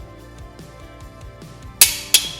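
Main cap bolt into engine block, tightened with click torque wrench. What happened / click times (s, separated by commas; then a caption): The click-type torque wrench released at its setting on the bolt / 1.8 s, 2.1 s. A click-type torque wrench set between 90 and 100 lb-ft tightens a main bearing cap bolt into the cast-iron block of a Cadillac 390 engine, with faint music underneath. The wrench gives two sharp metallic clicks at 1.8 s and 2.2 s, confirming the bolt has reached its torque setting.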